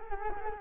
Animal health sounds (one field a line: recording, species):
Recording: mosquito wingbeat signal from an infrared sensor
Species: Culex quinquefasciatus